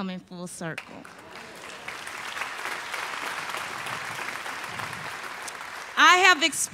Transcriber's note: applause